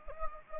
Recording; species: mosquito wingbeat signal from an infrared sensor; Anopheles gambiae